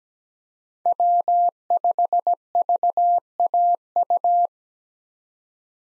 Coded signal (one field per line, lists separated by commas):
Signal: Morse code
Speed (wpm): 17 wpm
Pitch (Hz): 700 Hz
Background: none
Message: W5VAU